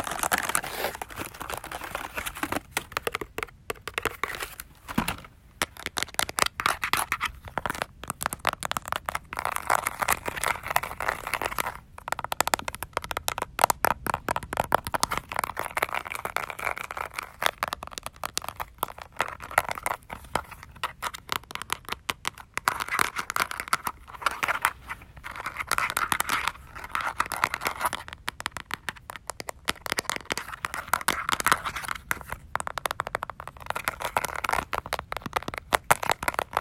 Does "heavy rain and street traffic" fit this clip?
no